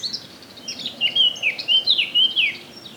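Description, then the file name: Eurasian blackcap song: a brief quiet warble leading into several loud, clear whistled notes. "Sylvia atricapilla"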